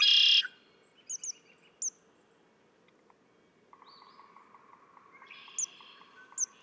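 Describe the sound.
Red-winged blackbird, a loud harsh buzzy burst, then high chips and a rapid pulsing trill, with another buzzy burst near the end.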